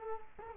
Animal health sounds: mosquito wingbeat signal from an infrared sensor; Culex quinquefasciatus

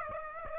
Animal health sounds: mosquito wingbeat signal from an infrared sensor; Aedes aegypti

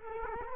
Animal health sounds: mosquito wingbeat signal from an infrared sensor; Culex quinquefasciatus

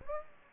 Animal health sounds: mosquito wingbeat signal from an infrared sensor; Aedes aegypti

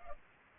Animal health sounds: mosquito wingbeat signal from an infrared sensor; Culex pipiens

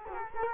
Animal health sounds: mosquito wingbeat signal from an infrared sensor; Culex quinquefasciatus

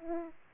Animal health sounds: mosquito wingbeat signal from an infrared sensor; Aedes aegypti

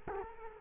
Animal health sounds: mosquito wingbeat signal from an infrared sensor; Culex quinquefasciatus

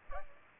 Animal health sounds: mosquito wingbeat signal from an infrared sensor; Aedes aegypti

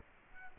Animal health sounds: mosquito wingbeat signal from an infrared sensor; Culex quinquefasciatus

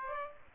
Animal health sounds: mosquito wingbeat signal from an infrared sensor; Aedes aegypti

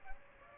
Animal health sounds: mosquito wingbeat signal from an infrared sensor; Aedes aegypti

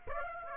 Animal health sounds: mosquito wingbeat signal from an infrared sensor; Aedes aegypti

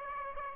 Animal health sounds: mosquito wingbeat signal from an infrared sensor; Aedes aegypti

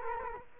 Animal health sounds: mosquito wingbeat signal from an infrared sensor; Culex quinquefasciatus

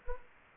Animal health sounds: mosquito wingbeat signal from an infrared sensor; Anopheles gambiae

